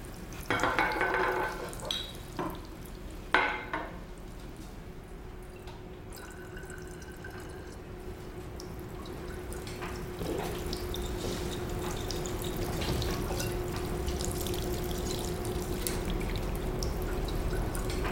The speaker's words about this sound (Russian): Умывальники. В белых перчатках девушка в белом халате моет емкости.